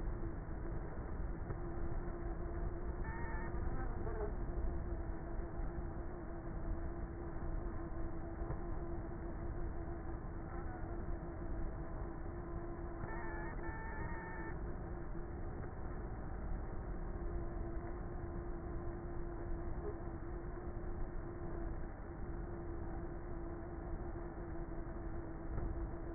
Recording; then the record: honeybee colony, microphone inside the hive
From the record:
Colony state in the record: queenless with a low population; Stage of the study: before two queens were removed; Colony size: about 30,000 bees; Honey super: no